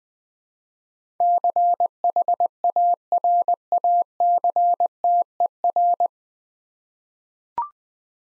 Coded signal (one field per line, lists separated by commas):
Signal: Morse code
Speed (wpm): 20 wpm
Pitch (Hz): 700 Hz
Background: none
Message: CHARACTER